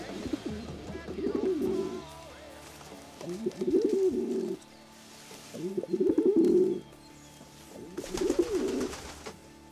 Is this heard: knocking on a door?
no